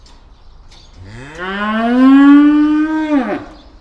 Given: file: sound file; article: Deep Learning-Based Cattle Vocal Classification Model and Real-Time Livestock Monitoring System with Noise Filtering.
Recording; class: cattle; estrus call